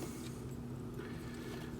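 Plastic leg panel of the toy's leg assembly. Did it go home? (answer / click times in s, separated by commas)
no / none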